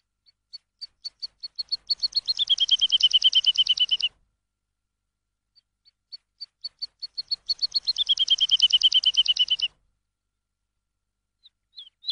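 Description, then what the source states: Lark song in two phrases. Each begins with spaced thin notes that speed up into a buzzy, rapid trill lasting about two seconds. Lark song used for training songbirds.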